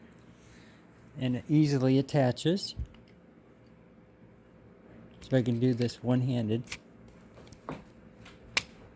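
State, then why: Seated. Someone talks while attaching a plastic Joby GripTight Mount Pro phone grip mount one-handed onto a GoPro-style action-camera mount on a wheelchair. A few faint ticks come just before a single sharp, loud click at 8.6 s as the mount seats in place.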